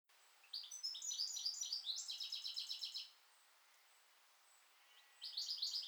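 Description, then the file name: European goldfinch twittering in quick liquid chirps for about two and a half seconds, a pause, then a fresh run of tinkling notes begins. "Carduelis carduelis"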